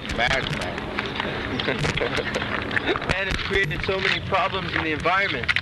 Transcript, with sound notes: Madman. [laughing]
Man has created so many problems in the environment,